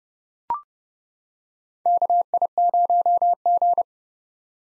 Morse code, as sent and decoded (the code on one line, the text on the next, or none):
-.- .. ----- --.
KI0G